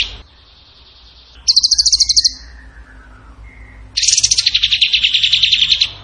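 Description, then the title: Bird song: a short high rattling trill followed, after a brief pause with a faint whistle, by a long, loud, rapidly pulsing trill. Singing in gacor tembakan style, used as masteran to train other songbirds. "Masteran Burung Tembakan Gacor"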